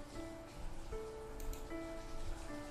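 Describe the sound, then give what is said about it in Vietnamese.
Steady rain hisses evenly throughout, a soft, continuous patter with no pauses, while low sustained tones drift underneath and shift pitch a few times. “Lạc Bí đang lâm vào tình cảnh sức cùng lực kiệt như vậy, cô ngồi trên thang lầu, lắng nghe tiếng mưa rơi của lạnh lùng ấy cho đến khi trời sáng.”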